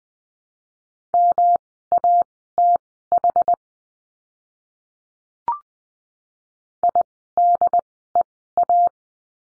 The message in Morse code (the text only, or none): MATH IDEA